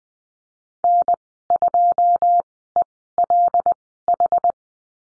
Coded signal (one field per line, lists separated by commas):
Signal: Morse code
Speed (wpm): 19 wpm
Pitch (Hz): 700 Hz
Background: none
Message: N2ELH